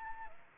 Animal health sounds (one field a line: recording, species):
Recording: mosquito wingbeat signal from an infrared sensor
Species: Anopheles arabiensis